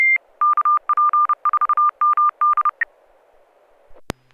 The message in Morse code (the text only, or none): KP4MD